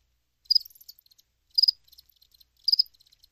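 Cricket chirping, three loud high pulsed bursts about a second apart, with softer faint ticks trailing between them.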